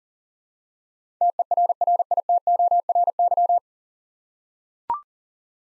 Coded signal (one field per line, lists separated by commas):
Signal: Morse code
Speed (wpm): 40 wpm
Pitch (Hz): 700 Hz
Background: none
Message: TERRITORY